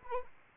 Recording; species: mosquito wingbeat signal from an infrared sensor; Anopheles arabiensis